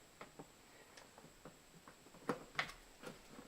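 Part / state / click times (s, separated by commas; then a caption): filter cartridge into countertop water filter housing / seated / 2.3 s, 2.6 s. A reverse osmosis filter cartridge is dropped into its housing on a WaterFirst Dr.Water Y countertop reverse osmosis water filter and turned tight with a filter wrench, its O-ring seals at the bottom. A series of soft, light ticks gives way to two louder, sharp clicks at 2.3 s and 2.6 s as the cartridge locks into place.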